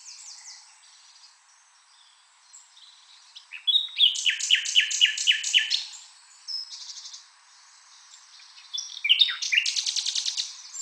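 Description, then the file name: Common nightingale song: quiet notes, then a loud run of repeated notes lasting about two seconds, a short phrase, and a fast rattling series to finish. "Luscinia megarhynchos"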